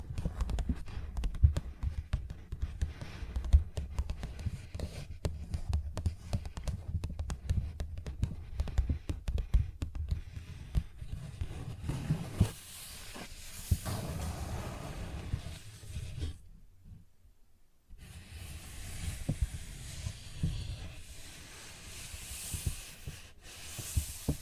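A paper bag is tapped and scratched, giving dense clusters of dry taps and rustles in the first half. After about twelve seconds it turns to brighter, hissy scratching, breaks off into near silence around sixteen to eighteen seconds, then resumes with steady scraping.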